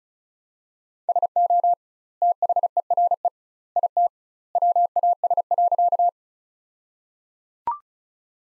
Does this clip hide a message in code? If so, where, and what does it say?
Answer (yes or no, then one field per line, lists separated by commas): yes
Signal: Morse code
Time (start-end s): 1.1-6.1 s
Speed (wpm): 34 wpm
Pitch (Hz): 700 Hz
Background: none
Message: SO THERE IT WAS.